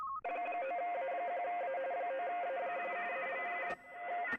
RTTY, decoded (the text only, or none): 9A1A 9A1A C